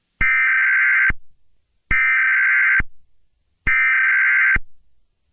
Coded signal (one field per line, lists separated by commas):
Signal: Emergency Alert System (SAME) tones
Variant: header bursts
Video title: EAS scenario the summer of death